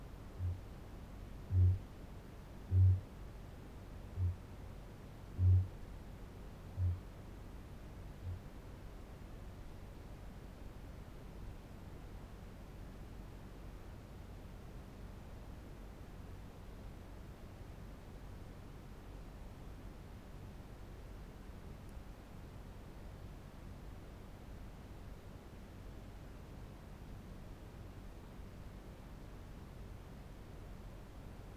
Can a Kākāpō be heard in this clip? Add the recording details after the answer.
yes. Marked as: faintness 4/5, faintness 2/5. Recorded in New Zealand. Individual Barnard